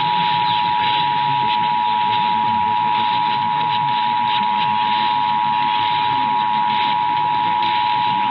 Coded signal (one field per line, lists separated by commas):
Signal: Emergency Alert System (SAME) tones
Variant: 853 and 960 Hz attention tone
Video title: EAS #3-14 - Los Angeles Monthly Test (12/26/23)